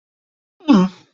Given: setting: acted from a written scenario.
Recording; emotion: vocal sound without words; neutral